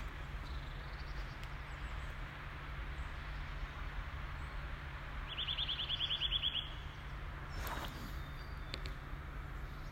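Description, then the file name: Eurasian nuthatch giving a single fast trill of about a dozen high, evenly spaced piping notes midway through, over a steady low rumble and faint background noise. "Sitta europaea"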